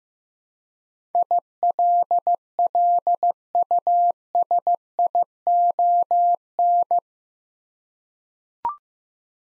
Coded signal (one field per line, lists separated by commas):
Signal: Morse code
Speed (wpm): 15 wpm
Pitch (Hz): 700 Hz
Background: none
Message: ILLUSION